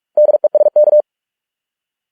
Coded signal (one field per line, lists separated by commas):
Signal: Morse code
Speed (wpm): 46 wpm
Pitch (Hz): 600 Hz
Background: none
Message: DESK